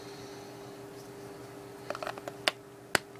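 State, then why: Seated. A removable battery is pressed back into an S2 smartphone, clipping in much like the S3's system. Against a steady low hum, a few faint light taps at around 1.9–2.1 s lead to two sharp snaps at 2.5 s and 3.0 s as the battery seats in place.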